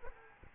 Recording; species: mosquito wingbeat signal from an infrared sensor; Aedes aegypti